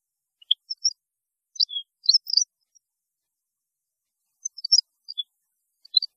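European goldfinch song: short scattered bursts of high, tinkling twitters and chirps, with a longer pause midway.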